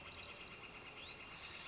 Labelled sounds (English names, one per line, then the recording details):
Northern Flicker
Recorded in Sonoma County, California